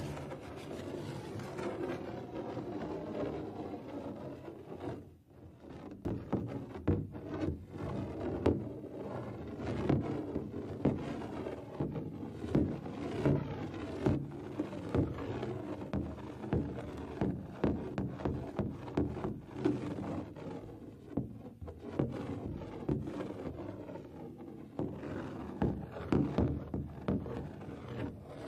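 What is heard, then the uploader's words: Busy scratching and rubbing on a drumhead, dense rasping strokes with a low hollow body, briefly pausing near five seconds before resuming. TimASMR-Scratching, Rubbing, and Brushing on a Drum (NO TALKING).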